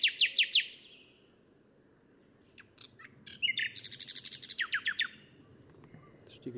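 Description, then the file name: Common nightingale song: quick sweeping notes repeated four times, a quiet gap, then a harsh buzzy rattle and rapid trilled notes. "Luscinia megarhynchos"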